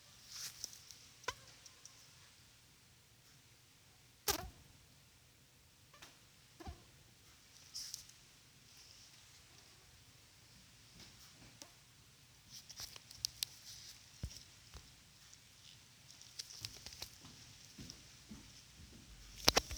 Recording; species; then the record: mosquito flight sound by mobile phone; Culex pipiens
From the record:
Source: SanMateoVCD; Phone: Sony Xperia